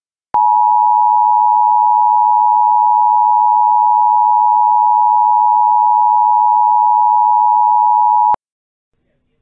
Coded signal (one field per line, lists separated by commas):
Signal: Emergency Alert System (SAME) tones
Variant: 853 and 960 Hz attention tone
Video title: EAS Child Abduction Emergency Asheboro, North Carolina Statewide Alert (3 Abductors)